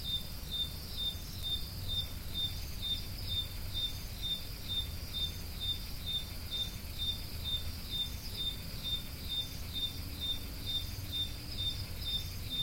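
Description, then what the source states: Cricket giving evenly spaced high chirps, roughly two each second, over a steady low hum. Crickets recorded at Roodekopjes.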